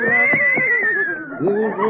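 A horse named Mendel, rented from a riding academy, lets out a long, wavering whinny for about two seconds, a loud high-pitched cry that pulses and shakes, then rises again briefly near the end, on The Jack Benny Program.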